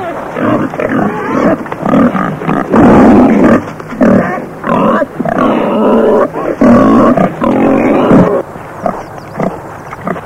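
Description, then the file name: Pig giving loud grunting squeals in broken bursts, rough and harmonic, with short gaps between runs. "prase"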